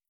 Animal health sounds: hydrophone in a shrimp aquaculture tank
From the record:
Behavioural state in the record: starved

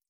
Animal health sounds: hydrophone in a shrimp aquaculture tank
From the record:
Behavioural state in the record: stressed

